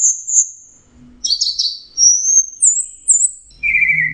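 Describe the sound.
Orange-headed thrush with separate high whistled phrases, a buzzy burst and a lower slurred note ending the sequence.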